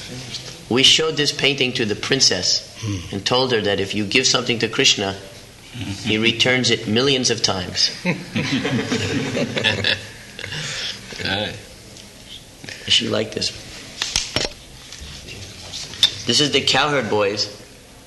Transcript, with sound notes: We showed this painting to the princess and told her that if you give something to Kṛṣṇa, He returns it millions of times. [laughter] She liked this. This is the cowherd boys